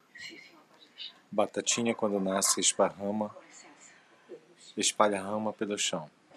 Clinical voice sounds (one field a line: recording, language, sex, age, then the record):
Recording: short text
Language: Brazilian Portuguese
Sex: male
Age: 40 to 49 years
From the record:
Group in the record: control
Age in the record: 48 years